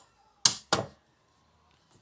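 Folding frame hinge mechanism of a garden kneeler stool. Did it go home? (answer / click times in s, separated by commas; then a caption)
yes / 0.5 s, 0.7 s. The metal frame of a heavy-duty, anti-tip foldable garden kneeler and seat is pulled firmly open by hand. Two sharp metallic snaps ring out at 0.5 s and 0.7 s, the second slightly quieter, followed by near silence. The folding hinge mechanism snaps and locks into place.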